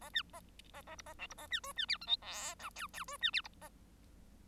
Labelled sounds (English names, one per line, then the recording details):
Bengalese Finch song
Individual Bird1